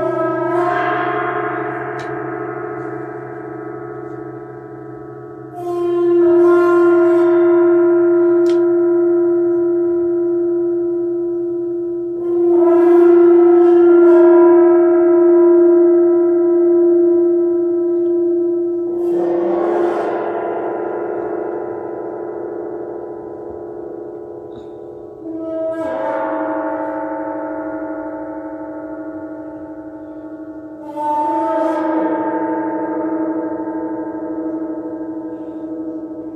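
A gong is struck about every six seconds, six strikes in all, each starting with a bright metallic attack that blooms into a long, shimmering hum. The tones ring on and overlap, so the sound never stops, with a steady low drone underneath throughout.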